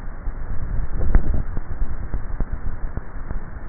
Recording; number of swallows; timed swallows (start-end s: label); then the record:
swallowing sounds by neck microphone; 1
0.48-1.95 s: swallow
From the record:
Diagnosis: dysphagia